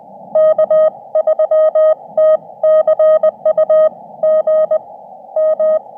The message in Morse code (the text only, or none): K3TCU GM